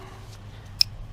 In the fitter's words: There you go, locked into place.